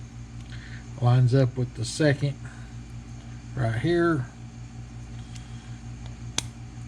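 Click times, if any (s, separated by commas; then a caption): 6.4 s. Someone talks while the return spring on the level-wind/gear assembly of an ABU 6000 baitcasting fishing reel is aligned with its pin and pressed into the reel frame, over a steady low hum. A single sharp click at 6.4 s marks the spring snapping into place, and it is seated.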